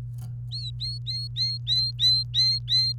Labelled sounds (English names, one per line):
Domestic Canary song